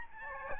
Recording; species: mosquito wingbeat signal from an infrared sensor; Aedes albopictus